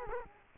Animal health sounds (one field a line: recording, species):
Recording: mosquito wingbeat signal from an infrared sensor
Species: Culex quinquefasciatus